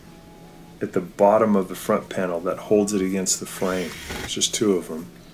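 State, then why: Not seated. Someone talks while handling a plastic trim piece being put back onto the front panel of an LG washer dryer, during a repair for a door leak. The clip ends before the piece goes home, so nothing has seated or clicked into place yet.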